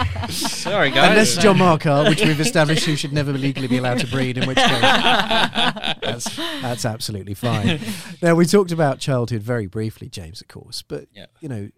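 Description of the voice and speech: Adult man speaking fluently and conversationally with light laughter; ordinary speech with no disorder heard.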